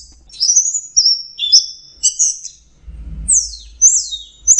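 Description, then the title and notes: Orange-headed thrush singing thin high whistles and sweeping slurred notes in short bursts with brief gaps, a faint low hum underneath. Masteran training song for cage songbirds; anis merah in the 'teler' song style. "Suara Burung Anis Merah Teler. Masteran Anis Kembang"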